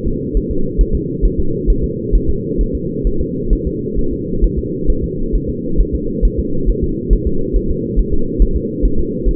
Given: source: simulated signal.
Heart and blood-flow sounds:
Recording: fetal heart sounds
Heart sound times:
0.08 s: S2
0.37 s: S1
0.51 s: S2
0.81 s: S1
0.95 s: S2
1.25 s: S1
1.40 s: S2
1.70 s: S1
1.84 s: S2
2.15 s: S1
2.30 s: S2
2.61 s: S1
2.75 s: S2
3.07 s: S1
3.21 s: S2
3.53 s: S1
3.67 s: S2
3.99 s: S1
4.13 s: S2
4.44 s: S1
4.59 s: S2
4.90 s: S1
5.04 s: S2
5.35 s: S1
5.50 s: S2
5.81 s: S1
5.95 s: S2
6.25 s: S1
6.39 s: S2
6.69 s: S1
6.84 s: S2
7.13 s: S1
7.27 s: S2
7.56 s: S1
7.71 s: S2
7.99 s: S1
8.13 s: S2
8.42 s: S1
8.56 s: S2
8.85 s: S1
9.00 s: S2
9.28 s: S1
From the record:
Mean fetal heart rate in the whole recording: 135 bpm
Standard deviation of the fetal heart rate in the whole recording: 3 bpm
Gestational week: 36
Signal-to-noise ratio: -8.1 dB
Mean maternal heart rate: 72 bpm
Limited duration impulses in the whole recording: present

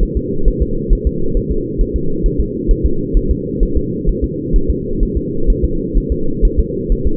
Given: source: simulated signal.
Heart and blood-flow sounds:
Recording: fetal heart sounds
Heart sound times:
0.03 s: S1
0.17 s: S2
0.48 s: S1
0.62 s: S2
0.93 s: S1
1.07 s: S2
1.37 s: S1
1.51 s: S2
1.81 s: S1
1.96 s: S2
2.26 s: S1
2.40 s: S2
2.71 s: S1
2.85 s: S2
3.17 s: S1
3.31 s: S2
3.63 s: S1
3.77 s: S2
4.09 s: S1
4.24 s: S2
4.56 s: S1
4.70 s: S2
5.03 s: S1
5.17 s: S2
5.50 s: S1
5.64 s: S2
5.98 s: S1
6.12 s: S2
6.45 s: S1
6.59 s: S2
6.92 s: S1
7.07 s: S2
From the record:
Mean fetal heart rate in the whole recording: 130 bpm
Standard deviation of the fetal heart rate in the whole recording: 4 bpm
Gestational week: 38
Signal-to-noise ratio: -8.1 dB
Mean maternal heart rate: 72 bpm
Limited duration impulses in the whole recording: absent

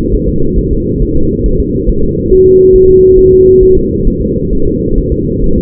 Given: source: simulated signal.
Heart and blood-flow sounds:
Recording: fetal heart sounds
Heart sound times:
0.14 s: S1
0.28 s: S2
0.58 s: S1
0.73 s: S2
1.02 s: S1
1.17 s: S2
1.46 s: S1
1.60 s: S2
1.89 s: S1
2.03 s: S2
2.32 s: S1
2.47 s: S2
2.76 s: S1
2.90 s: S2
3.19 s: S1
3.33 s: S2
3.63 s: S1
3.77 s: S2
4.07 s: S1
4.22 s: S2
4.53 s: S1
4.67 s: S2
4.98 s: S1
5.12 s: S2
5.44 s: S1
5.58 s: S2
From the record:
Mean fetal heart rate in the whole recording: 135 bpm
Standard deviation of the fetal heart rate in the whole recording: 3 bpm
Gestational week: 36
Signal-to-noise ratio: -16.4 dB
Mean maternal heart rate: 72 bpm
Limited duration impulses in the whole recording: present

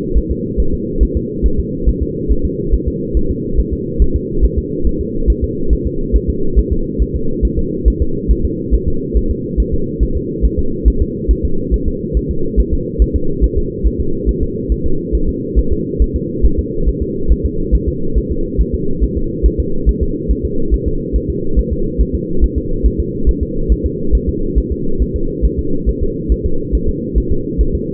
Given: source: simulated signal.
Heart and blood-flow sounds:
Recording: fetal heart sounds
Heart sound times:
0.17 s: S1
0.31 s: S2
0.60 s: S1
0.74 s: S2
1.03 s: S1
1.17 s: S2
1.46 s: S1
1.60 s: S2
1.89 s: S1
2.03 s: S2
2.32 s: S1
2.45 s: S2
2.74 s: S1
2.88 s: S2
3.17 s: S1
3.31 s: S2
3.59 s: S1
3.73 s: S2
4.02 s: S1
4.16 s: S2
4.44 s: S1
4.58 s: S2
4.87 s: S1
5.01 s: S2
5.30 s: S1
5.44 s: S2
5.73 s: S1
5.87 s: S2
6.16 s: S1
6.30 s: S2
6.59 s: S1
6.73 s: S2
7.02 s: S1
7.16 s: S2
7.45 s: S1
7.59 s: S2
7.88 s: S1
8.02 s: S2
8.31 s: S1
8.45 s: S2
8.74 s: S1
8.88 s: S2
9.17 s: S1
9.31 s: S2
9.60 s: S1
9.74 s: S2
10.03 s: S1
10.17 s: S2
10.45 s: S1
10.59 s: S2
10.88 s: S1
11.02 s: S2
11.31 s: S1
11.45 s: S2
11.74 s: S1
11.88 s: S2
12.17 s: S1
12.31 s: S2
12.60 s: S1
12.73 s: S2
13.02 s: S1
13.16 s: S2
13.44 s: S1
13.58 s: S2
13.87 s: S1
14.00 s: S2
14.29 s: S1
14.43 s: S2
14.72 s: S1
14.86 s: S2
15.15 s: S1
15.29 s: S2
15.59 s: S1
15.73 s: S2
16.02 s: S1
16.16 s: S2
16.45 s: S1
16.59 s: S2
16.89 s: S1
17.02 s: S2
17.32 s: S1
17.45 s: S2
17.75 s: S1
17.88 s: S2
18.18 s: S1
18.31 s: S2
18.61 s: S1
18.74 s: S2
19.03 s: S1
19.17 s: S2
19.46 s: S1
19.60 s: S2
19.89 s: S1
20.03 s: S2
20.31 s: S1
20.45 s: S2
20.74 s: S1
20.88 s: S2
21.16 s: S1
21.30 s: S2
21.59 s: S1
21.73 s: S2
22.01 s: S1
22.15 s: S2
22.44 s: S1
22.58 s: S2
22.86 s: S1
23.00 s: S2
23.29 s: S1
23.43 s: S2
23.72 s: S1
23.86 s: S2
24.15 s: S1
24.29 s: S2
24.58 s: S1
24.72 s: S2
25.02 s: S1
25.16 s: S2
25.45 s: S1
25.59 s: S2
25.89 s: S1
26.03 s: S2
26.32 s: S1
26.46 s: S2
26.75 s: S1
26.89 s: S2
27.18 s: S1
27.32 s: S2
27.61 s: S1
27.75 s: S2
From the record:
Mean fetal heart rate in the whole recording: 140 bpm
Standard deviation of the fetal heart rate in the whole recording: 2 bpm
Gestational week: 34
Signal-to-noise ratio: -8.1 dB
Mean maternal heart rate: 72 bpm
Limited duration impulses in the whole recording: absent

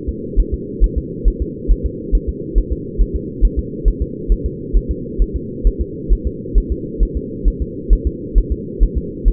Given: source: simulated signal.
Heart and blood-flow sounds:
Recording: fetal heart sounds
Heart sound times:
0.09 s: S2
0.40 s: S1
0.54 s: S2
0.84 s: S1
0.98 s: S2
1.28 s: S1
1.42 s: S2
1.71 s: S1
1.86 s: S2
2.15 s: S1
2.29 s: S2
2.58 s: S1
2.73 s: S2
3.01 s: S1
3.16 s: S2
3.45 s: S1
3.59 s: S2
3.88 s: S1
4.02 s: S2
4.32 s: S1
4.46 s: S2
4.77 s: S1
4.91 s: S2
5.22 s: S1
5.36 s: S2
5.67 s: S1
5.81 s: S2
6.13 s: S1
6.27 s: S2
6.58 s: S1
6.72 s: S2
7.03 s: S1
7.17 s: S2
7.48 s: S1
7.62 s: S2
7.93 s: S1
8.07 s: S2
8.38 s: S1
8.52 s: S2
8.83 s: S1
8.98 s: S2
9.28 s: S1
From the record:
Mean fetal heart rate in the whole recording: 135 bpm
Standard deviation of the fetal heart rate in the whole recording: 3 bpm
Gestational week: 36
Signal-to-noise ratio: -4.1 dB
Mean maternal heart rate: no maternal heart sound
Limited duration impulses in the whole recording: absent

